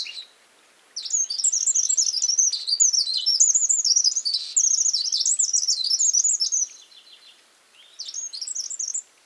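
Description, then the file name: Eurasian wren song: a vigorous high-pitched warble of rapid trills lasting about six seconds, then a shorter second burst after a brief pause. "Troglodytes troglodytes"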